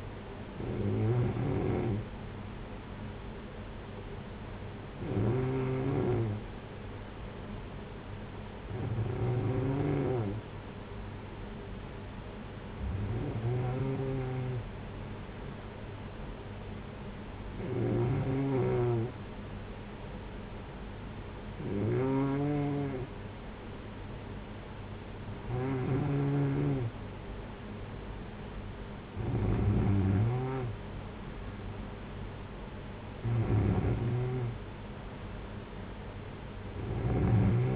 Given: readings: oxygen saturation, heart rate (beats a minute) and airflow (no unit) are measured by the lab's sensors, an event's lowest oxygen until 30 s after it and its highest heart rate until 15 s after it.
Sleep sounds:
breathing in sleep by a voice recorder at the bedside; none
none scored
From the record:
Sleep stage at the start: N2 (light sleep); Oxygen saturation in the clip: 93 to 94%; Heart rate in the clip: 53 to 60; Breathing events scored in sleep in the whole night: 226 in 8.8 hours asleep

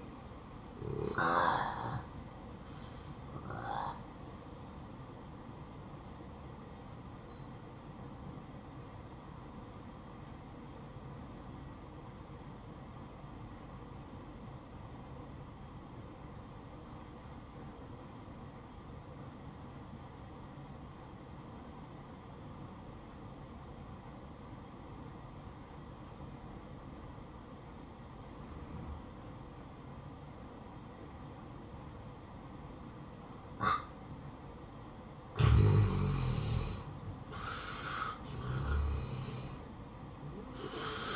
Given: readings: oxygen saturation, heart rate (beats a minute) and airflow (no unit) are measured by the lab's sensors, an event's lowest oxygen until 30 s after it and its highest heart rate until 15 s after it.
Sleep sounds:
breathing in sleep by a smartphone at the bedside; 1
5.00-36.30 s: hypopnea (N1, oxygen 94% highest, then 83% lowest, heart rate 61 at the start, 71 highest)
From the record:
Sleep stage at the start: N1 (lightest sleep); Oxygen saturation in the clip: 85 to 94%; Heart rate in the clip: 58 to 71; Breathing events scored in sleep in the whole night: 573 in 9.8 hours asleep

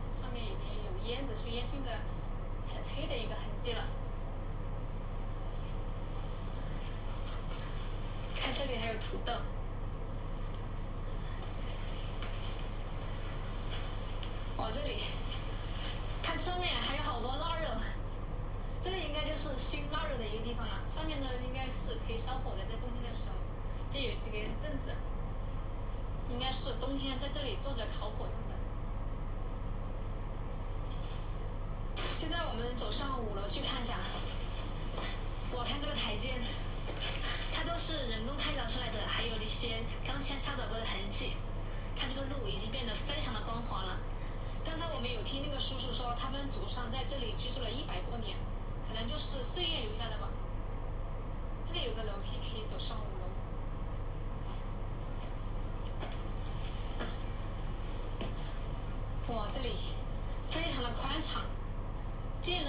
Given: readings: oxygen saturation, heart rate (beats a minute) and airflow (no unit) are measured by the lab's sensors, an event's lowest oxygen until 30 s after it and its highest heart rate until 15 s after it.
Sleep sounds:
a person awake in a sleep study, by a smartphone at the bedside; none
0.00-62.69 s: awake
From the record:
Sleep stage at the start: awake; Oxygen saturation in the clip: 93 to 94%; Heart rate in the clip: 60 to 64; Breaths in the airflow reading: 21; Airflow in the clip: -4.7 to 4.7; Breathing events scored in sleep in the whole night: 476 in 9.7 hours asleep

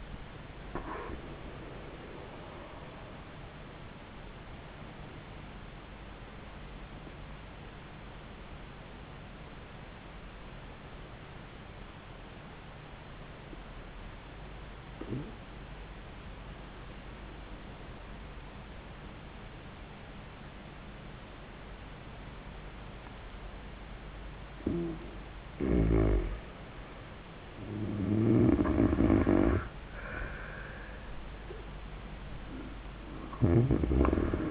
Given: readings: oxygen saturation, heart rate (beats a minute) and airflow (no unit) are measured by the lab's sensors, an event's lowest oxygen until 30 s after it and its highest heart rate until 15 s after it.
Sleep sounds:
breathing in sleep by a voice recorder at the bedside; 1
0.00-10.00 s: awake
10.00-24.10 s: obstructive apnea (N1, oxygen 98% highest, then 88% lowest)
10.00-34.51 s: new sleep stage, N1 (lightest sleep)
From the record:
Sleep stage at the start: awake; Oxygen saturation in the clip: 82 to 98%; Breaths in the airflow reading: 4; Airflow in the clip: -11.4 to 16.4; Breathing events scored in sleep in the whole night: 400 in 8.7 hours asleep

